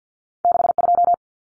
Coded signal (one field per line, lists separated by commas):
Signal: Morse code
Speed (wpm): 50 wpm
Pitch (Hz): 700 Hz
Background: none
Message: 62